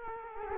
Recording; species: mosquito wingbeat signal from an infrared sensor; Culex quinquefasciatus